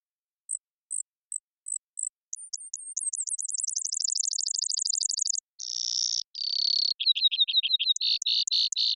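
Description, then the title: Brewer's sparrow song: several spaced high chips, then a rapid high trill, a lower buzz, and a series of pulsed trills at a lower pitch. Several males singing or counter-singing; sagebrush steppe, North America; mirthful, playful, bubbling voices, song tumbling out as they teeter on swaying tips of sage stalks. "Brewer's Sparrow Performance"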